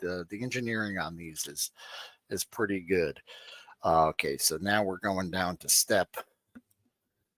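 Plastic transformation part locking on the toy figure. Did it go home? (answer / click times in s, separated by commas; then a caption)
yes / 6.6 s. Someone talks while moving a plastic Transformers G.I. Joe x Autobot Kup Triple T figure (Sgt. Slaughter & Leatherneck) to the next transformation step. After the talking stops, a plastic part snaps with a short click at 6.6 s, followed by a fainter tick, as the toy joint locks into position.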